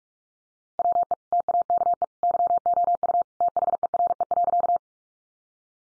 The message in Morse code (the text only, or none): WE TAKE YOU THERE.